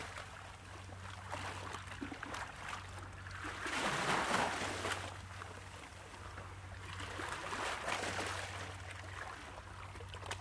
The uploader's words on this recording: Calming waves.